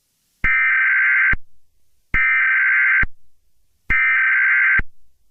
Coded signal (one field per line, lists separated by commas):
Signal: Emergency Alert System (SAME) tones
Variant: header bursts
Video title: EAS severe thunderstorm warning